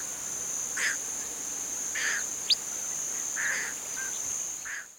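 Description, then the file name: Little blue heron uttering a few rough, croaking squawks, with one brief thin whistle, against a constant high-pitched hum. "garzaazul"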